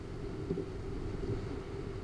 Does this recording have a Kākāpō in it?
no